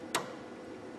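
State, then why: Not seated. The collar of a low-side AC quick-connect adapter is pulled back as the adapter is handled near the metal low-side service port on a vehicle. A brief sharp tick at 0.15 s fades into quiet handling noise, and a louder sharp burst begins right at the end around 1.0 s. The coupler has not snapped onto the port yet; nothing has seated.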